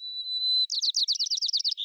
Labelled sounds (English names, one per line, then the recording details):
White-crowned Sparrow song
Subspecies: nuttalli
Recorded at Abbotts Lagoon, California, in 2010
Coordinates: 38.119, -122.946
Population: north
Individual al14v_10